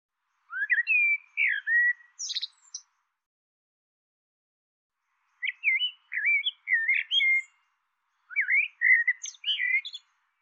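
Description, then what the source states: Bird calling in three separate bursts of fast twittering whistles with sharp high accents, separated by pauses. Call labelled "Tu Me Tu Me".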